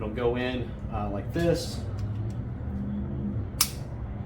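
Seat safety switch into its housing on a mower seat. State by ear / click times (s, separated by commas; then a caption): seated / 3.6 s. A replacement seat safety switch is pushed into its plastic housing on a commercial zero-turn mower seat. Someone talks, then a single sharp click at 3.6 s marks the switch snapping into place, fully seated.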